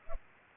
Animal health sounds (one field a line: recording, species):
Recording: mosquito wingbeat signal from an infrared sensor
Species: Culex pipiens